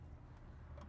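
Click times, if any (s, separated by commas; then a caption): none. The red emergency-line air brake glad hand is being fitted rubber seal to rubber seal onto the trailer's matching glad hand coupler and twisted down to lock. A steady low rumble runs throughout, with faint brief brushes of higher-pitched noise near 0.4 and 0.8 seconds. The coupling has not seated or clicked yet.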